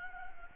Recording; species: mosquito wingbeat signal from an infrared sensor; Culex quinquefasciatus